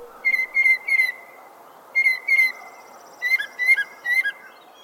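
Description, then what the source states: Northern Mockingbird song: short bursts of a few repeated whistled notes, the last burst a changed phrase, separated by brief pauses over a faint background hiss. Mockingbirds mimic other birds and 12 North American amphibian species; scientists think females might find the mimicry attractive.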